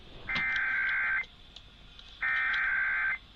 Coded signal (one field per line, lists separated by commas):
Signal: Emergency Alert System (SAME) tones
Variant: header bursts